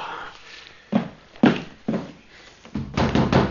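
Heavy thuds pound against a door as someone demands it be opened and threatens to break it: four loud knocks spaced roughly half a second apart, followed by a rapid flurry of continued banging.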